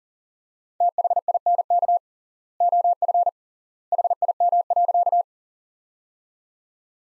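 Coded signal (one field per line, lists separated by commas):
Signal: Morse code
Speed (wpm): 40 wpm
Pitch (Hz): 700 Hz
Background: none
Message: THINK OF HIM.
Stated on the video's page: Morse practice sentences from the top 200 words at 40 wpm with 3x standard word spacing, a Farnsworth-like method applied to words.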